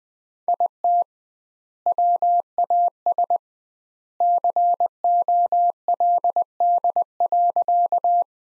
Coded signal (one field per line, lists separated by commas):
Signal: Morse code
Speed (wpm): 20 wpm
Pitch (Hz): 700 Hz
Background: none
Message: IT WAS COLD.